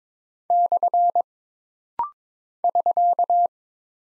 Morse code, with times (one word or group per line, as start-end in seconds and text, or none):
0.5-1.2 /
2.6-3.5 <SK>